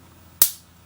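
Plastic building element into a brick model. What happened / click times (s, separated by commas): The plastic piece snapped into place / 0.4 s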